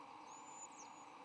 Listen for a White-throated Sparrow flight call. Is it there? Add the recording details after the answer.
no. No flight call is heard. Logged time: 11:26 on 8 November 2014